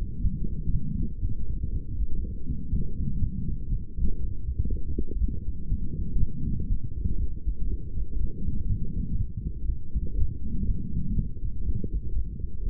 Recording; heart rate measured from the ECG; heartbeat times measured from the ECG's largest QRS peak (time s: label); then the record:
heart sounds by stethoscope; 121 bpm
0.23 s: heartbeat
0.72 s: heartbeat
1.21 s: heartbeat
1.71 s: heartbeat
2.22 s: heartbeat
2.72 s: heartbeat
3.21 s: heartbeat
3.70 s: heartbeat
4.20 s: heartbeat
4.70 s: heartbeat
5.20 s: heartbeat
5.71 s: heartbeat
6.19 s: heartbeat
6.69 s: heartbeat
7.19 s: heartbeat
7.69 s: heartbeat
8.20 s: heartbeat
8.69 s: heartbeat
9.18 s: heartbeat
9.67 s: heartbeat
10.17 s: heartbeat
10.67 s: heartbeat
11.16 s: heartbeat
11.65 s: heartbeat
12.15 s: heartbeat
12.65 s: heartbeat
From the record:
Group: healthy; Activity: light exercise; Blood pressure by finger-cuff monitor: 137/81 mmHg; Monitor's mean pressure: 99 mmHg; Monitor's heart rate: 121 bpm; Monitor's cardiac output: 9.6 L/min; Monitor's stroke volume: 79 mL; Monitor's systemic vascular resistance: 760 dyn s/cm5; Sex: female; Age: 22 years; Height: 163 cm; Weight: 67.1 kg